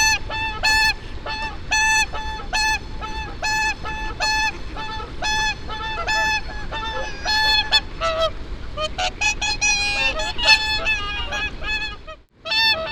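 Whooper swans trumpeting in a regular series of clear honks, later joined by more overlapping calls, with a brief drop in sound near the end.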